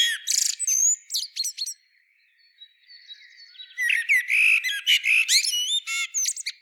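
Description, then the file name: Common blackbird song: a twittering high-pitched phrase, a short lull with a faint thin note, then a longer phrase of mellow warbles and squeaky high notes. "Turdus merula"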